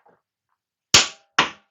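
A click-type torque wrench with a 36 mm socket tightens the rear axle nut on a 2021 Harley Davidson Pan America while a breaker bar holds the other side. After faint soft sounds near the start, the wrench gives a sharp click at 0.9 s, followed by a second, slightly quieter sharp sound at 1.4 s. The click confirms the nut has reached the 100 ft-lb setting.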